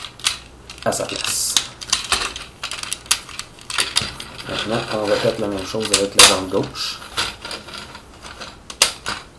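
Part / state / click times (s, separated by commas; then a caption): plastic leg part going into a transforming robot toy / seated / 8.8 s. A plastic leg part is pushed into a transforming robot toy figure on the left leg, with someone talking over light handling clicks and rustles. It snaps loudly into place at 8.8 seconds, seated with a clear click.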